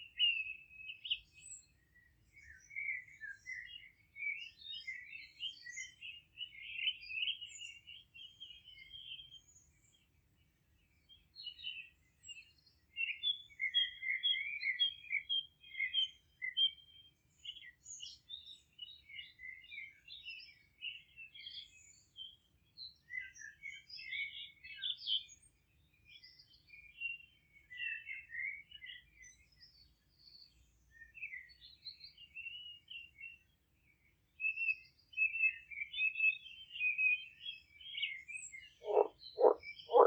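Birds sing in a Polish village garden, with quick, bright chirps and trills arriving in bursts separated by short pauses throughout. A faint low rumble runs underneath, and near the end a louder, lower croaking call breaks in.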